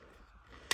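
A misaligned plastic toy limb part is unclamped and pushed back into its body socket. Low, quiet background noise gives way to a single sharp, broadband snap at 0.7 s as the part seats.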